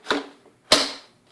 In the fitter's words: the locking notch goes on the other side and it snaps in place.